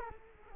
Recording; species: mosquito wingbeat signal from an infrared sensor; Culex quinquefasciatus